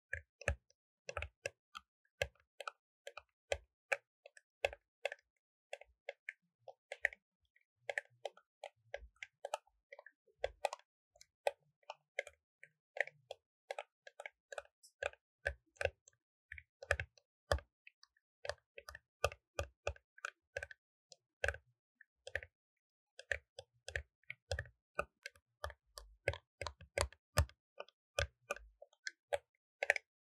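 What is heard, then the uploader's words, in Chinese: Dry taps and crinkles on a paper cup fill the whole stretch, coming in quick irregular bursts with only brief pauses. Each touch is a sharp tick with a hollow knock underneath, some louder than others, over a silent background. 紙杯觸發 | Paper Cup triggers | NoTalking。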